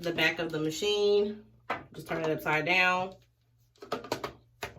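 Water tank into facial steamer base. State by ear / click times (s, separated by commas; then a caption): seated / 4.6 s. Someone talks while a filled plastic water tank, its top twisted on tight so the water doesn't leak, is turned upside down and pushed onto the back of an EZBasics facial steamer. A quick run of small taps around 3.8–4.2 s is followed by a sharp snap at 4.6 s as the tank seats firmly in place.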